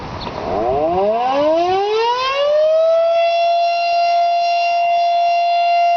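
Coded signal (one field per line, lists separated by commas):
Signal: siren signal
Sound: outdoor siren winding up over about three seconds into a steady, rich wail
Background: outdoor ambience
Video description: Siren Signal: Alert/Brief Attack (Monthly Test)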